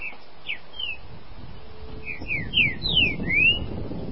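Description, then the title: Green-winged saltator song: a phrase of clear whistled slurred notes, several descending then a final rising one, building louder toward the end, over low background rumble. "Trinca Ferro"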